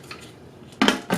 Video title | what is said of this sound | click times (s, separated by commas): From The Garden to The Pantry Beginners Guide | Simply the lid locks in place. | 0.8 s